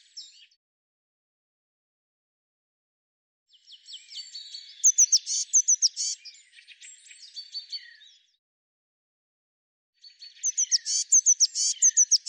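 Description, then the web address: Eurasian blue tit giving high, thin calls: scratchy buzzy phrases punctuated by sharp downward-hooked chirps, in bouts separated by quiet gaps. "Deverinetal"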